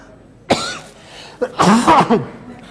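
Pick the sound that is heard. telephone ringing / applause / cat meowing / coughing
coughing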